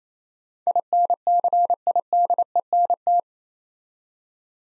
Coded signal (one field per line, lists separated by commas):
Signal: Morse code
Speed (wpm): 28 wpm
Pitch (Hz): 700 Hz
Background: none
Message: INCIDENT